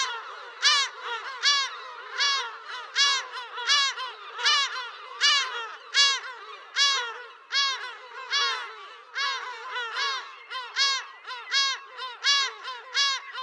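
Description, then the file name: Lesser black-backed gull calls: a long, even series of loud, raucous yelping notes roughly every 0.75 seconds. "Silltrut"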